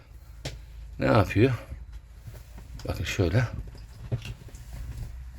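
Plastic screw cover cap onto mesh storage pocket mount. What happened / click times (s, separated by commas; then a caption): The plastic cover cap snapped on / 4.2 s. A small white plastic cover cap is pressed onto the screw-mount point of a mesh storage pocket for a boat or caravan while someone talks. A short, sharp snap at 4.3 s marks the cap seating properly, so it now covers the screwed spots.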